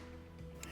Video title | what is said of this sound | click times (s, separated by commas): Volkswagen Passat Variant B8 2014-2019 - Montaje de enganche y kit electrónico [1360] | Schiacciamo fino a sentire il primo clic, | 0.6 s